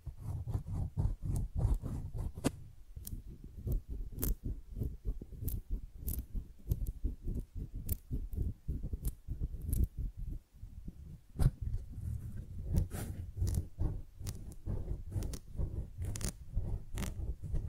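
Tingly flower sounds of crisp snipping and crackling, fast and dense throughout, over a low rumble, with a brief quieter moment near ten seconds.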